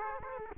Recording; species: mosquito wingbeat signal from an infrared sensor; Aedes aegypti